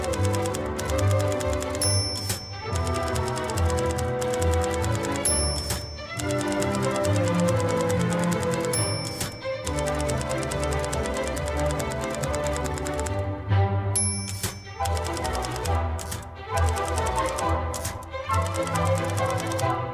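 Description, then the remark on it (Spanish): Rapid typewriter clacking from a symphonic typewriter piece runs over lively orchestral music amid a crowd at Tecnópolis, with a bright bell ding and carriage return sounding every few seconds in a steady repeating pattern. “Paren, porque pobre se va a agotar de tanto escribir.”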